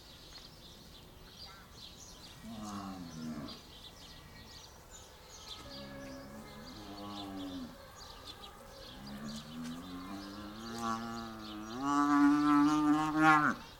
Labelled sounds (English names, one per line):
African Buffalo call